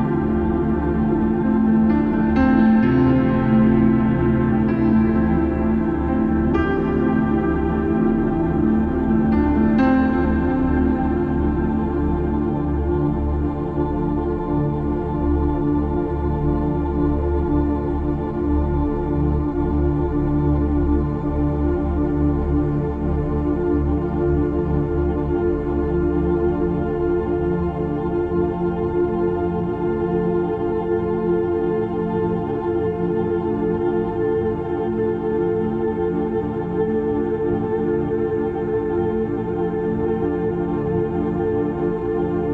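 A steady, layered drone of many sustained tones, heaviest in a deep low hum with fainter bright tones held above it. For the first ten seconds soft chime-like touches and shifting notes come and go, then the sound settles and holds unchanged at an even level.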